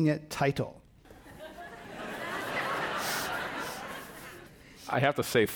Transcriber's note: laughter